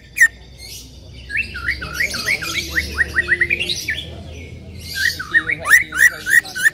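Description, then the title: Bird chirping: a fast string of short whistled notes, with a few sharp, high clicks near the end. "Kicau Burung"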